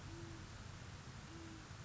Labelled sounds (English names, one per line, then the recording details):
Great Horned Owl
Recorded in Sonoma County, California